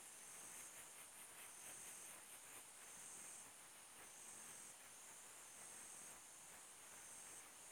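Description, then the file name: New Forest cicada song: soft, high-pitched buzzing that pulses in loudness over steady background hiss. "montana"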